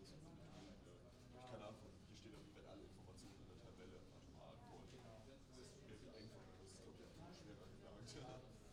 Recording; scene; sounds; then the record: everyday scene through a hearing-aid microphone; many people talking; many voices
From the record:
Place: university cafeteria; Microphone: in the ear canal, right